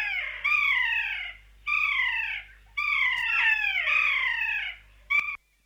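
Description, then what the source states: Kea calls: three long, loud, wailing cries that slide downward, with short pauses between, then a brief clipped note at the end. Native New Zealand bird.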